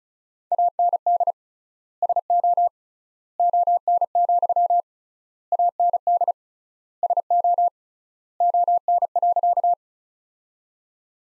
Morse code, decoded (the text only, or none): AND SO ON, AND SO ON.